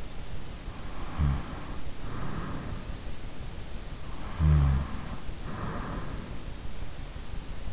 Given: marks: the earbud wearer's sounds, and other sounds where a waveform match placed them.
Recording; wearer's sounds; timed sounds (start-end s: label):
sounds in sleep by an in-ear microphone; snoring breath
1.05-2.61 s: snoring breath
4.45-5.95 s: snoring breath